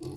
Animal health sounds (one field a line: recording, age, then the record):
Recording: pig call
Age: weaner (32 to 43 days)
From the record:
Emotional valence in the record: negative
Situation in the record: long isolation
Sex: female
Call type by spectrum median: low-frequency call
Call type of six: low-frequency stable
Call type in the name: low-frequency stable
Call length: 0.17 s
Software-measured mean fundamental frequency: 44 Hz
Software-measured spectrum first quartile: 203 Hz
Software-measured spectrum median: 352 Hz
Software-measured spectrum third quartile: 963 Hz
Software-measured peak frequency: 332 Hz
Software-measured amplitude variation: 119 dB a second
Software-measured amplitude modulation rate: 17.5 a second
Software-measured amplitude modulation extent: 6.8 dB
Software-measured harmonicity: 5.0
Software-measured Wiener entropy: -1.56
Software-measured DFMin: 1187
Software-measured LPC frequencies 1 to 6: 338, 910, 2624, 3699, 4476, 5259 Hz